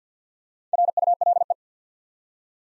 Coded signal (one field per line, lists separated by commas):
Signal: Morse code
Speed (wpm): 51 wpm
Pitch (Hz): 700 Hz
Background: none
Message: RULE